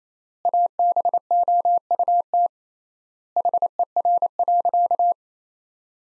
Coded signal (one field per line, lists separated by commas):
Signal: Morse code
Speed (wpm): 28 wpm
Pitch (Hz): 700 Hz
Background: none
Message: ABOUT HER.